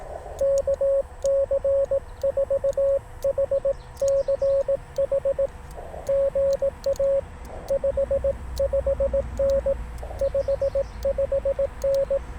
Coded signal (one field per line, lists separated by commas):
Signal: Morse code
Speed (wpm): 18 wpm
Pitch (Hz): 550 Hz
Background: radio noise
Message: KC4HCH GA 55N 55N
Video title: BUCEE SAVED MY POTA | CW AT US-3786 #hamradio #parksontheair